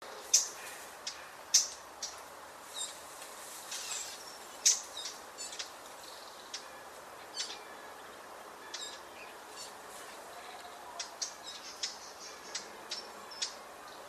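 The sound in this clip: Eurasian blackcap giving hard, dry ticking calls, sharp clicks spaced irregularly about once a second, over a steady hiss.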